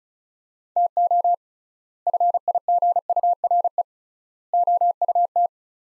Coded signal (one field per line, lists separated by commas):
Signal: Morse code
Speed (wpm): 36 wpm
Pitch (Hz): 700 Hz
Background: none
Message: TO FIGURE OUT